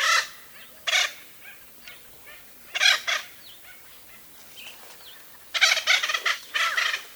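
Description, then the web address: Bird calls: rasping, noisy bursts at uneven intervals, with a few thin, slurred whistles in between and a longer, stuttering harsh phrase near the end. "az brid sounds"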